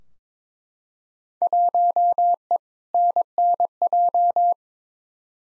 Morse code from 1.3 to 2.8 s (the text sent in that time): 1E